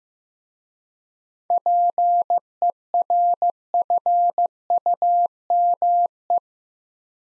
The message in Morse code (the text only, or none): PERFUME